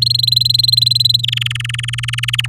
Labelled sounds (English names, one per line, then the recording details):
Domestic Canary song
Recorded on 10 May 2018 at 07:22
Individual llb16